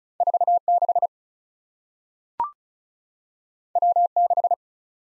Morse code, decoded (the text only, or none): 4 6 W 6